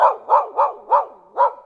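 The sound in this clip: Dog barking: five loud, rough barks in quick succession within under two seconds, with nothing else heard.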